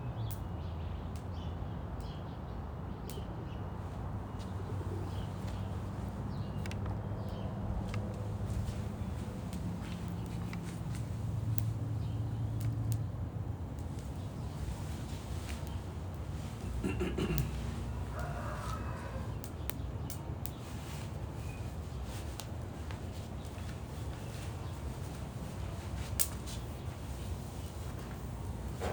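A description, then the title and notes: A small outdoor fire at sunrise, its sharp crackles and pops scattered throughout over a steady low hum of city traffic. Around the seventeenth second a passing vehicle briefly rises and fades, while the background rumble stays even the whole time. Sunrise with a small fire in Phoenix, Arizona. I decided to enjoy the Sunrise from my backyard, with a small fire. We recently got a gift of a Solo Stove Mesa, which is around 9 inches tall and 3-4 inches in diameter. You can also hear a lot of the traffic starting to pick up outside my neighborhood in Central Phoenix, Arizona.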